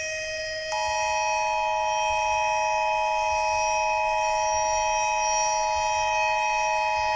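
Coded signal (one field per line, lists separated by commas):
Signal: Emergency Alert System (SAME) tones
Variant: 853 and 960 Hz attention tone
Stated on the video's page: Prank EAS tornado message made for Xbox use.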